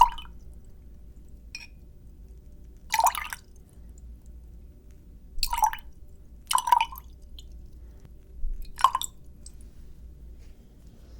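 Wet water sounds come in separate bursts: a soft one at the start, then sharper drippy splashes around three, five and a half, six and a half, and nine seconds. Between them a low, quiet hum sits underneath, with near silence above it.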